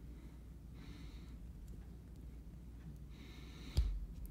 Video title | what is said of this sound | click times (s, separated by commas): How to Disassemble and Maintain The Spyderco Delica (Again) | we go it snapped into place | 3.8 s